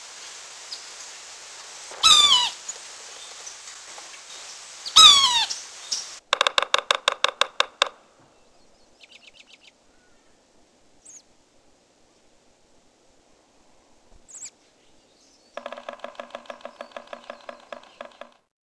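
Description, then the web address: Yellow-bellied sapsucker giving two nasal, squealing mew calls a few seconds apart, followed by a burst of rapid tapping pulses and later a buzzy, pulsed rattle. "Peterson North American Birds. ybsa"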